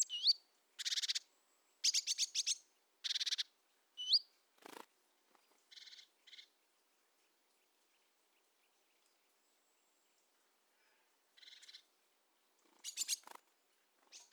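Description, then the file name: Great tit calls: high whistled notes followed by harsh buzzy churring bursts, several repeated in quick runs, then quieter scolding phrases and a final buzzy burst. "Parus major"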